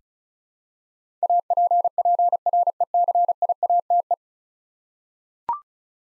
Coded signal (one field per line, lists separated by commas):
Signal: Morse code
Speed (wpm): 36 wpm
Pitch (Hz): 700 Hz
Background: none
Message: APPRECIATE